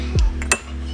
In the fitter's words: This cap is magnetic. It pulls off, snaps right into place.